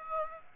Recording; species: mosquito wingbeat signal from an infrared sensor; Aedes aegypti